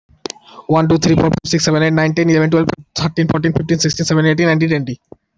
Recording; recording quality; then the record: counting at a fast pace; excellent, no background noise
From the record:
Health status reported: healthy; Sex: male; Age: 24 years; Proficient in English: yes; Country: India